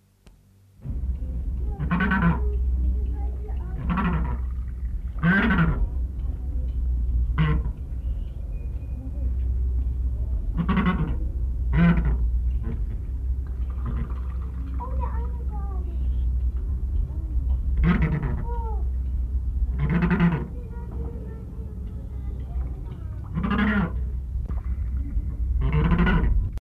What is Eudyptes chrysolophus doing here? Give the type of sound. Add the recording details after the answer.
alarm call. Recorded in captivity. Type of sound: alarm call. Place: Zoo Hannover, Niedersachsen, DE. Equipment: Halbspur, 9,5 cm/s. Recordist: Lütgens, Hans. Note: Warnlaut